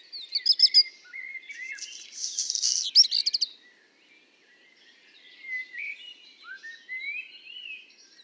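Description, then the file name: Black redstart singing a brief whistled opening followed by a rasping, crackly burst, then a blackbird's fluted, rising phrases fill the rest. Singing alongside common blackbird song; recorded at Le Puech on 5 June 2021. "050621-chant-de-rougequeue-noir-de-merle-noir-Le-Puech"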